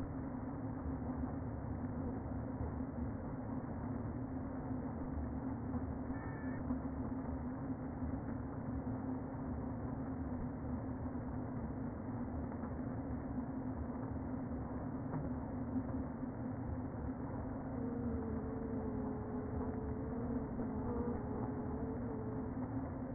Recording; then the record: honeybee colony, microphone inside the hive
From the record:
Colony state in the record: queen present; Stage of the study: before two queens were removed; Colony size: about 60,000 bees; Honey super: yes